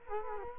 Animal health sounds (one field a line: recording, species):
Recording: mosquito wingbeat signal from an infrared sensor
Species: Culex quinquefasciatus